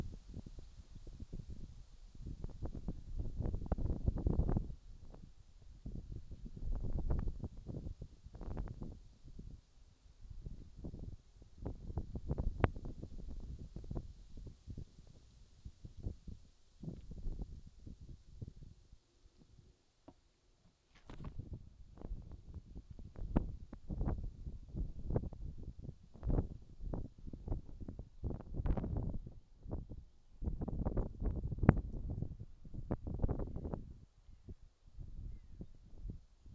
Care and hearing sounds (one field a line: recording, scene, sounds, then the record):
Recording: everyday scene through a hearing-aid microphone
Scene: wind on the microphone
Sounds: wind, whistling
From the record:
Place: in front of a rural house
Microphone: in the ear canal, left